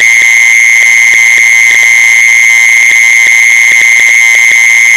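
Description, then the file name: Mole cricket giving a continuous, even, high-pitched trill, with soft clicks and taps recurring behind it. "tieng de trui de chui"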